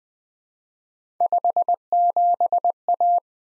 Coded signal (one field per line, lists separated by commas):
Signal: Morse code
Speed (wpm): 20 wpm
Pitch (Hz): 700 Hz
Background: none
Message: 57A